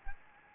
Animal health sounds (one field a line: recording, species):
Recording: mosquito wingbeat signal from an infrared sensor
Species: Anopheles gambiae